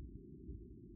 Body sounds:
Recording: neck accelerometer signal played as sound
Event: no cough (speech, laughter, throat clearing or background)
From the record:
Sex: male

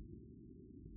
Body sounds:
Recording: neck accelerometer signal played as sound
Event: no cough (speech, laughter, throat clearing or background)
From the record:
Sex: male

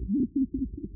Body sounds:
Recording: neck accelerometer signal played as sound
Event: no cough (speech, laughter, throat clearing or background)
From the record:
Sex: male

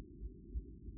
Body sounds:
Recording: neck accelerometer signal played as sound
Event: no cough (speech, laughter, throat clearing or background)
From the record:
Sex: male

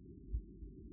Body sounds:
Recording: neck accelerometer signal played as sound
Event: no cough (speech, laughter, throat clearing or background)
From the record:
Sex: female

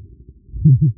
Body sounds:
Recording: neck accelerometer signal played as sound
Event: no cough (speech, laughter, throat clearing or background)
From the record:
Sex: male

